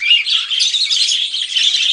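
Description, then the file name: Budgerigar flock calling, a steady wall of shrill overlapping chirps and warbled squeaks throughout. A flock of parakeets calling together. "suara parkit rombongan. omkicau"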